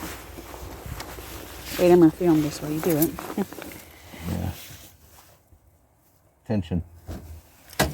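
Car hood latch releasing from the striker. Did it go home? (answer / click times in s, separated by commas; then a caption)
released / 7.7 s, 7.8 s. Someone talks over quiet outdoor background noise while the hood release on a stuck car hood latch is pulled. After a near-silent pause, a sharp metallic pop sounds at 7.7 s and 7.8 s as the metal latch pops free from the striker, and the hood latch is released.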